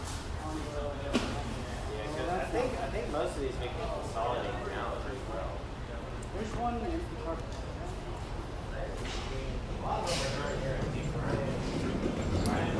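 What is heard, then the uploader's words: Inside a garden center, a steady murmur of overlapping voices fills a large space over a constant low rumble. Speech rises and falls throughout, with occasional sharp clacks and knocks around one second, ten seconds and near the end. Standing inside a Lowe's Garden Center on Iverson Way. Featuring a loud dog, customers and a short conversation about shopping carts.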